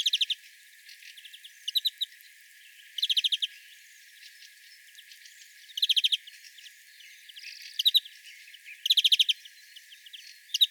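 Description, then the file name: European greenfinch calling in short chattering bursts of several dry notes, repeated at irregular intervals. "Chloris chloris"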